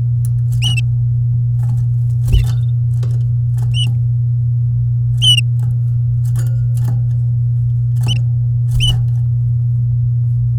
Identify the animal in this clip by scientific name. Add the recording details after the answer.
Serinus canaria. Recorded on 9 May 2018 at 08:43. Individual llb16